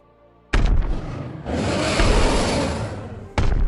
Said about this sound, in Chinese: 突然间，他听见了雷鸣般的咆哮声，吓得他片刻间陷入了一片慌乱。他很清楚这个声音，奈萨里奥在这里。